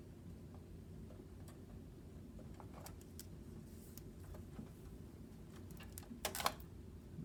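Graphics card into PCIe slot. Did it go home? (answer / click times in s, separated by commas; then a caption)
yes / 6.3 s. A graphics card is pushed into the motherboard's PCIe slot, which sits a little deeper in, until its retention latch clicks at 6.2 seconds, showing the card is seated and secured. Over a steady low hum, a few faint ticks and taps lead up to a short cluster of sharp clicks around 6.2 to 6.5 seconds. No one talks.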